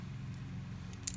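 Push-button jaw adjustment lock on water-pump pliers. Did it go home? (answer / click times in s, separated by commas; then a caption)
yes / 1.1 s. The adjustment button on small metal water-pump pliers is pressed, the jaw is slid to a new position, and the button is released, springing back out over a low steady hum. A sharp click at 1.1 s marks the push-button jaw adjustment locking into place, with a faint tick just before it. The jaw position is seated and locked.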